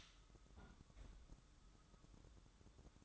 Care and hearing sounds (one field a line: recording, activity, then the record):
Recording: daily activity, microphone in the room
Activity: close fridge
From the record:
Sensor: 3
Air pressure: 1007.7 hPa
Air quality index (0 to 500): 63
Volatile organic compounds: 1 ppm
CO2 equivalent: 619 ppm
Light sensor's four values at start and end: 13/30/13/13 and 13/30/13/13